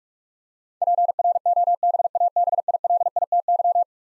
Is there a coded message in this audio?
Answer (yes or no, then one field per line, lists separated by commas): yes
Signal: Morse code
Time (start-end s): 0.8-3.8 s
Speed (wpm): 46 wpm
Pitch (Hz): 700 Hz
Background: none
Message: PROBABILITY